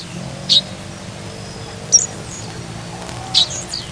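Meadowlark uttering three quick high chirps, roughly one and a half seconds apart, against steady low background noise.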